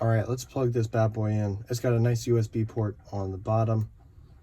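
Someone talks while getting ready to plug a USB cable into the port on the bottom of a translucent plastic Blockstream Jade hardware wallet. The speech fills the clip and then drops to quiet room noise. Nothing has seated or clicked yet; the cable is not yet home in the port.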